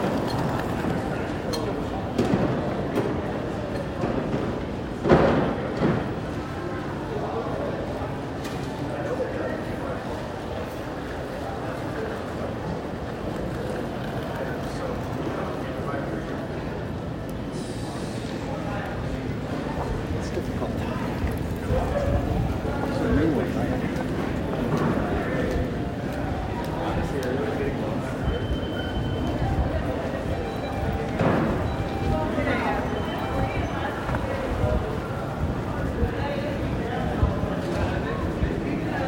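Travelers move through a busy airport terminal, with a dense, steady murmur of overlapping voices filling the space. Luggage wheels rumble low across the floor, and sharper knocks and footsteps stand out now and then, notably around five and thirty-one seconds.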